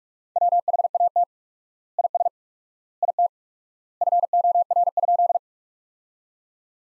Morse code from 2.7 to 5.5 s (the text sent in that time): IT FOR?